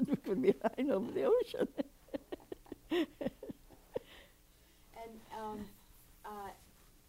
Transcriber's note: laughs